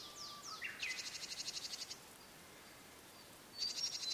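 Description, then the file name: Blue-and-white flycatcher: softer songbird phrase: downslurred whistles, then a fast pulsed buzzy trill, and a brief high whistled run at the end. "oruri"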